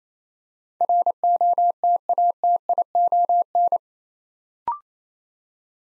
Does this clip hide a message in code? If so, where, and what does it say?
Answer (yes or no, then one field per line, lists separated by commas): yes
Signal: Morse code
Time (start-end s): 0.8-3.8 s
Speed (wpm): 29 wpm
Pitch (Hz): 700 Hz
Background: none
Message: ROTATION